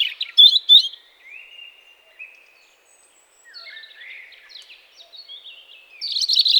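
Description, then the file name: European robin song of thin, high whistles and fast twittering trills, some phrases sliding down in pitch, quiet pauses between phrases, with a louder burst at the end. "Erithacus rubecula"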